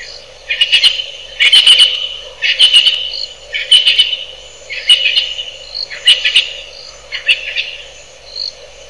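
Natal spurfowl harsh crackling calls in repeated bursts roughly every second, rising and falling in loudness, with a steady hum in the background.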